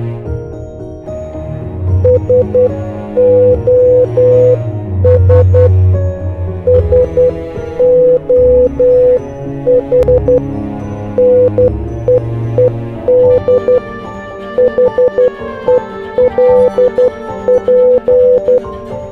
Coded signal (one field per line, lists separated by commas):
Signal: Morse code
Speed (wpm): 10 wpm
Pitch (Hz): 500 Hz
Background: music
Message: SOS SOH NEED HELP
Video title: When SHTF - Morse Code Will Be Essential For You